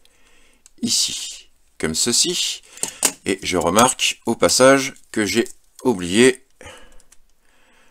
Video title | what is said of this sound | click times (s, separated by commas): ( FRENCH ) Revue Super Sentai : Super Minipla Jetman : Jet Icarus | sur les pièces l'intérieur donc le petit cargo mal juste ici qu'il va venir se clipser ici | 0.7 s